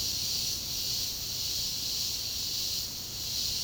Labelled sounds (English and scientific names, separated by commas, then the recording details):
none
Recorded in secondary vegetation near Puerto Asís, Putumayo, Colombia, on 18 February 2024 at 11:00
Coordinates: 0.489, -76.322
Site G6419